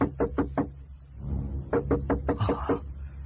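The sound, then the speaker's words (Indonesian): Two bursts of firm knocking on a door at midnight, four quick raps, a pause, then about five more, steady and fairly loud with no voices. “Siapa lagi yang mengetuk pintu tengah malam begini?”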